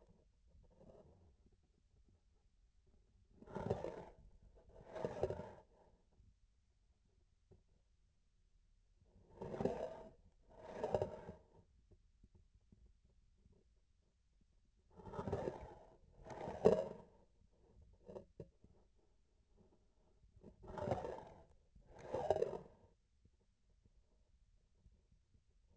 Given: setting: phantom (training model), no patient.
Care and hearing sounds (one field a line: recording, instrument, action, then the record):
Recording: laparoscopic instrument, vibration sensor on the handle end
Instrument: grasping forceps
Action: approaching and retracting movements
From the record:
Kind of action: spatial motion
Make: other than Olympus